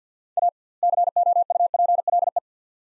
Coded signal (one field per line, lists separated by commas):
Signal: Morse code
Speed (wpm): 50 wpm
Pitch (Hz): 700 Hz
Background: none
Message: A COUPLE